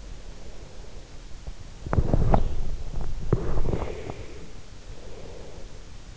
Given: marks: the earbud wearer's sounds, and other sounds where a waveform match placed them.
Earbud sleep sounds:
sounds in sleep by an in-ear microphone; breath, body movement
0.00-1.32 s: breath
1.71-4.65 s: body movement
3.77-5.81 s: breath

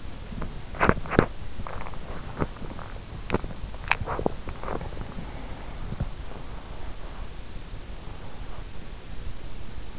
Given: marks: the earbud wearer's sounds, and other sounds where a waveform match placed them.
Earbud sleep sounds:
sounds in sleep by an in-ear microphone; body movement
0.00-8.67 s: body movement

